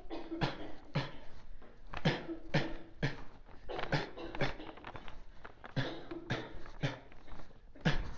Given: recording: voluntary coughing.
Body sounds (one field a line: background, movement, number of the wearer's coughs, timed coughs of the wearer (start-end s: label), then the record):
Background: a bystander coughing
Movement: walking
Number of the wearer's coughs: 11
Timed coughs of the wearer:
0.39-0.65 s: cough
0.93-1.12 s: cough
1.99-2.26 s: cough
2.51-2.85 s: cough
3.00-3.23 s: cough
3.90-4.11 s: cough
4.38-4.57 s: cough
5.75-5.99 s: cough
6.29-6.53 s: cough
6.81-7.03 s: cough
7.83-8.00 s: cough
From the record:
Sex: male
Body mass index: 23.7 kg/m2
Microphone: on the chest, facing outward